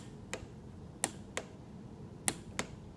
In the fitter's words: know that you're done tightening once you hear a clicking noise it sounds